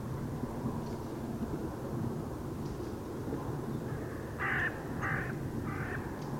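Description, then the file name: Carrion crow calling: three harsh, hoarse caws in quick succession near the end, over a constant low rumbling background. "Corvus corone"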